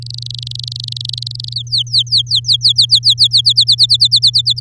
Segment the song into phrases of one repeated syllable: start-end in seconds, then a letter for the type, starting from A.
0.02-1.54 A, 1.56-3.28 B, 3.31-4.60 C